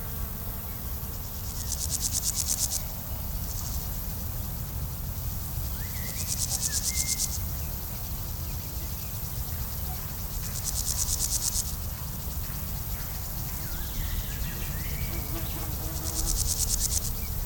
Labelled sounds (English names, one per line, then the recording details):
Meadow Grasshopper stridulation
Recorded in the wild
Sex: male
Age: imago
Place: Blankenfelde, Tegeler Fließ, Berlin, DE
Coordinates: 52.604, 13.4
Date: 1993-07-10 10:36
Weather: 24°C, sonnig-heiter
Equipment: Marantz CP 430, Sennheiser ME 80, Kopie Uher Variocord 263
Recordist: Tembrock, Günter